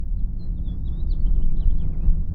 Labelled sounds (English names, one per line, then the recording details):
House Finch song
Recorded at Atlantic Beach West on Long Island, New York, on 2 June 1975
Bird B